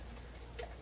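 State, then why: Seated. A twist-lock fitting, likely the power cord plug, is turned into the body of a new Brother Luminaire XP1 sewing machine. A short tick-like click sounds at 0.6 s over a low steady hum. The fitting is seated and locked in place.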